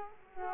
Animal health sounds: mosquito wingbeat signal from an infrared sensor; Culex quinquefasciatus

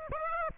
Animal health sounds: mosquito wingbeat signal from an infrared sensor; Aedes aegypti

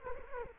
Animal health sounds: mosquito wingbeat signal from an infrared sensor; Culex quinquefasciatus

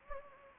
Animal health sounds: mosquito wingbeat signal from an infrared sensor; Anopheles gambiae

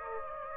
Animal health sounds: mosquito wingbeat signal from an infrared sensor; Aedes aegypti

